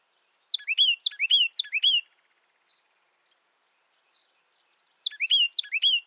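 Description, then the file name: Carolina wren song: two bursts of ringing, repeated whistled phrases, each note swooping down then steady, separated by about three seconds of quiet. Nominate subspecies ludovicianus. "Carolina Wren - Thryothorus ludovicianus ludovicianus"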